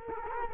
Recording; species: mosquito wingbeat signal from an infrared sensor; Culex quinquefasciatus